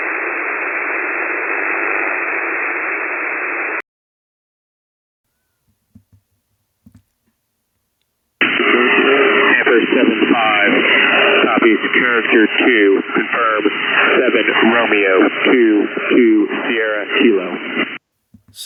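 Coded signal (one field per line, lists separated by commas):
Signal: coded military voice message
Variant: Skyking broadcast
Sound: radio hiss, a pause, then a male voice reading over shortwave single-sideband static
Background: radio static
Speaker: as soon as I heard Sky King, Sky King, I was like, "Oh, damn. I got to record this." And I got my screen recorder and I started recording, but I missed the beginning. I'm going to see if somebody else has the actual Sky King part. But let's take a listen.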